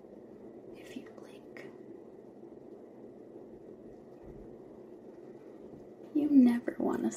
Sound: whisper